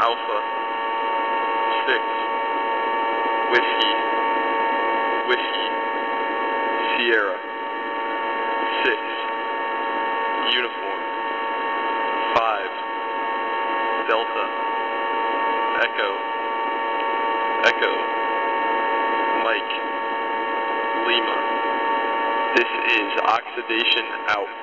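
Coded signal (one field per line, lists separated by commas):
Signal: coded military voice message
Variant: USAF HFGCS Emergency Action Message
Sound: male voice reading phonetic alphabet letters and digits, repeated with 'I say again'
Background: radio static, mains hum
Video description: This message was initially broadcast on 8992.0 kHz on 11/15/23 and is an encrypted message from a station with the callsign "Oxidation" addressed to “Dopey”.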